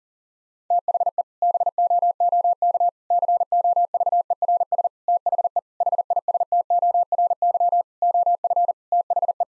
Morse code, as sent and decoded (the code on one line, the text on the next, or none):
- .... . / -... --- --- -.- / -.-. --- ...- . .-. ... / - .... . / .... .. ... - --- .-. -.-- / --- ..-. / - .... .
THE BOOK COVERS THE HISTORY OF THE